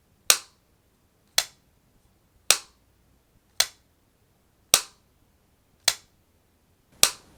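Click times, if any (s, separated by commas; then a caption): 0.3 s, 1.4 s, 2.5 s, 3.6 s, 4.7 s, 7.0 s. The flip lid of a small plastic Pixel Buds wireless-earbud charging case is opened and closed repeatedly, giving sharp clicks that alternate between louder and softer, at 0.3, 1.4, 2.5, 3.6, 4.7 and 7.0 seconds. Each click is brief and bright against near silence. The lid snaps open and shut cleanly each time.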